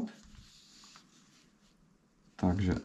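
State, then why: Not seated. A plastic trim clip is lined up in the roof headliner of a Škoda Octavia; it cannot be pushed through and has to be clicked in. Faint rustling handling sounds are heard in a quiet stretch, then someone talks near the end. Nothing has clicked or seated yet.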